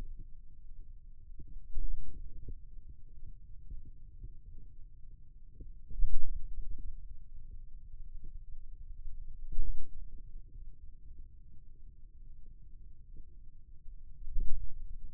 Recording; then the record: forearm muscle sounds (acoustic myography)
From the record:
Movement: ulnar deviation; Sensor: system 2, bracelet of six BSWA MPA416 microphones around the upper forearm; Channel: 2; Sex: male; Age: 22 years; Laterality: right